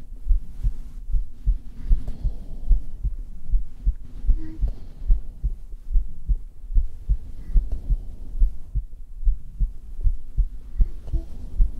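Normal heart sounds of an adult woman, heard through a black 3Dio microphone pressed against the bare skin of her chest.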